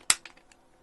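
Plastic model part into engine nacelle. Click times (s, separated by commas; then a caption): 0.1 s. A small plastic part (75D) with two pegs of different sizes, the bigger peg at the back, is pressed into the engine nacelle of a Hachette Lancaster B III bomber model. It pops into place with a sharp, loud snap at 0.1 s, followed by fainter light ticks at about 0.3, 0.5 and 0.8 s. The part sits seated in a nice tight fit.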